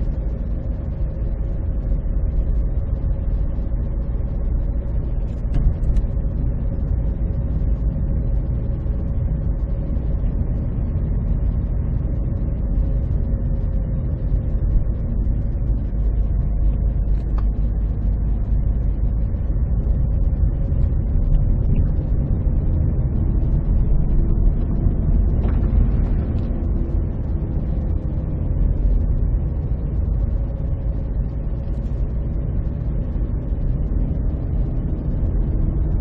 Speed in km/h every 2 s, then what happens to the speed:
27, 28, 27, 25, 26, 24, 22, 22, 24, 27, 30, 32, 33, 30, 26, 28, 29, 34.
0-13 steady at about 26. 13-23 speeds up to 33. 23-31 steady at about 28. 31-36 speeds up to 34.